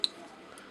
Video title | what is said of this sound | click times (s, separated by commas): Toy Review - Action Toys ES Gokin Series 07 Baikanfu | you'll see these two little piston type things that actually lock into place. | 0.0 s